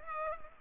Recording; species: mosquito wingbeat signal from an infrared sensor; Culex pipiens